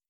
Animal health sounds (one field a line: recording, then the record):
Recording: hydrophone in a shrimp aquaculture tank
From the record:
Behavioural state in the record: starved